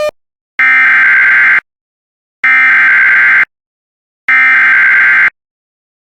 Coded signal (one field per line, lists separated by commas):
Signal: Emergency Alert System (SAME) tones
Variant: header bursts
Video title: DOUBLE HEADER SVR + SVR EAS #179-180